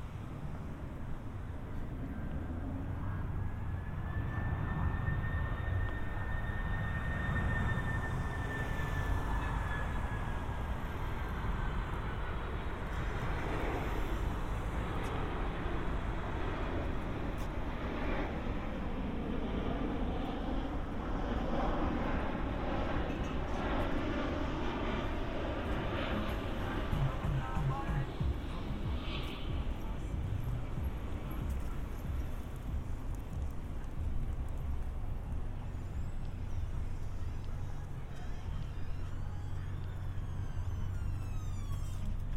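A binaural walk through San Diego streets, filled with a steady, dense rumble of traffic from start to finish. A long rising whine sweeps across the first dozen seconds, and scattered voices and brief clatters surface throughout, with a fluttering, chirping patch near the end.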